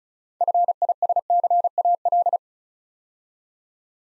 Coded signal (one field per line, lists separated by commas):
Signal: Morse code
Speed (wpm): 36 wpm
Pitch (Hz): 700 Hz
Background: none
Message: FISCAL